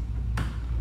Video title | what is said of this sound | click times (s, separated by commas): 🕵🏽‍♂️Pride Revo 2 0 Mobility Scooter Review | will rotate and lock into place in | 0.4 s